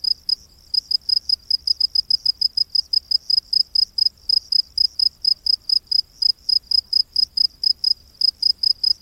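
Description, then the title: Loud cricket giving a fast, even series of high chirps, several per second, continuing throughout over near silence. Crickets in a rainforest at night. "Crickets of the Rainforest 🌿. Exotic Insect Orchestra"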